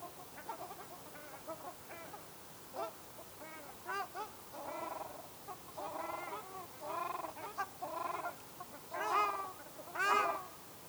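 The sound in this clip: Ruddy shelduck nasal calls repeated about once a second, growing louder toward the end, over a hissy background.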